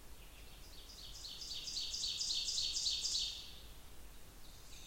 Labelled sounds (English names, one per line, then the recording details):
Ovenbird song
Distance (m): 40 m
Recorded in boreal forest in Alberta, Canada, on 28 June 2016 at 07:53
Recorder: SongMeter 3, array SBT-6-79
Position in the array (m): 68 m, 142 m
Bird 40